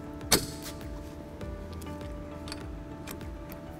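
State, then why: Seated. A pin lock is pushed onto the second tow bar pin on the other tow bar arm and snaps into place with a sharp click at 0.3 s. It sits over a steady hum with a few lighter taps afterward. The lock is confirmed seated on the pin.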